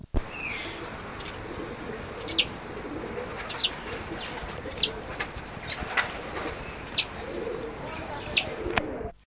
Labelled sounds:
Northern Goshawk call
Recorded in captivity
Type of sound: call
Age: adult
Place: Zoo Göttingen, Niedersachsen, DE
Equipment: Halbspur, 9,5 cm/s
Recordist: Lütgens, Hans
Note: Rufe

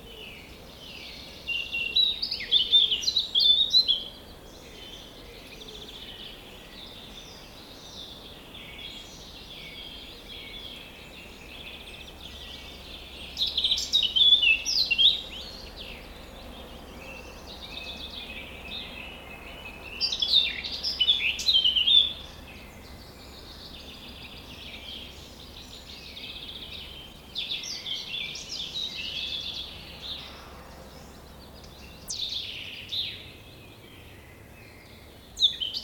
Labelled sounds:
Eurasian Blackcap song
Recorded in the wild
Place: Bergen, Insel Rügen, Mecklenburg-Vorpommern, DE
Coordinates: 54.415, 13.426
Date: 1975-06-08
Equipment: Nagra III BH, Sennheiser MD 21
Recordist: Schubert, Michael
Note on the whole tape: Gesang Mönchsgrasmücke

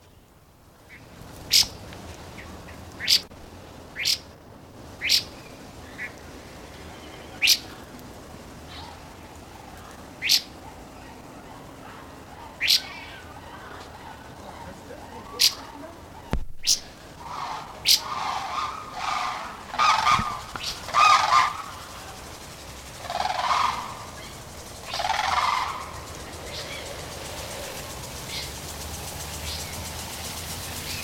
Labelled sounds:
Red-faced Liocichla call
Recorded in captivity
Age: adult
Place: Zoo Berlin, Berlin, DE
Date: 1991-10-10
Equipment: Nagra SN, Kopie Tesla B 116
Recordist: Tembrock, Günter

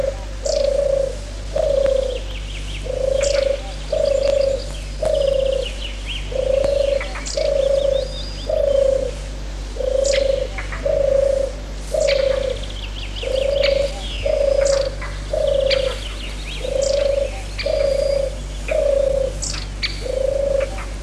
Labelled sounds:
European Turtle Dove song
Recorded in the wild
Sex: male
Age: adult
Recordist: Meyer, Hugo

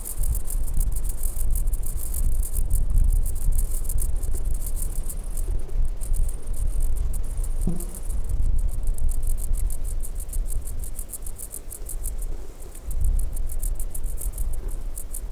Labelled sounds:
Woodland Grasshopper stridulation
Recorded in the wild
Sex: male
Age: imago
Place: Groß Schönebeck, Schorfheide, Brandenburg, DE
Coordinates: 52.91, 13.53
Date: 1996-08-02 16:00
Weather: heiter, 22°C
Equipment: Sony MD-WM MZ-R3, Sennheiser ME 80, Kopie Uher 4000 Report Monitor
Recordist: Tembrock, Günter

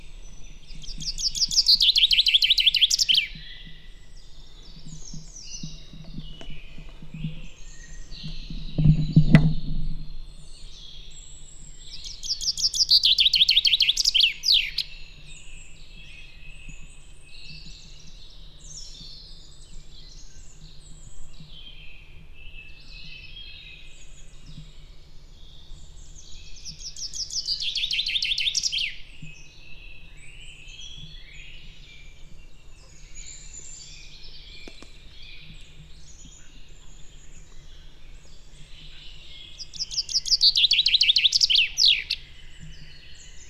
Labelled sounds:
Common Chaffinch song
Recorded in the wild
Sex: male
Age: adult
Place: Vipperow, Müritz, Mecklenburg-Vorpommern, DE
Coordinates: 53.3461, 12.6836
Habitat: alder marsh
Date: 1998-04-07 17:40
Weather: cloudy, 12°C
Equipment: Sony TCD-D3, Telinga Pro 5
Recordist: Frommolt, Karl-Heinz
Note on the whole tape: Erlenbruchwald ca. 1 km nördlich von Vipperow: Gesang. Entfernung 20 m. Sehr gute Aufnahmequalität

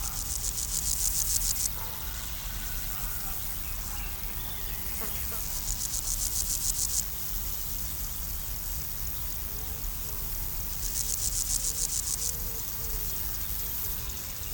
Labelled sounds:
Common Blackbird
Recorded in the wild
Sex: male
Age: adult
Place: Blankenfelde, Tegeler Fließ, Berlin, DE
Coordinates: 52.604, 13.4
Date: 1993-07-10
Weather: 24 °C, sonnig-heiter
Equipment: Marantz CP 430, Sennheiser ME 80, Kopie Uher Variocord 263
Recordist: Tembrock, Günter

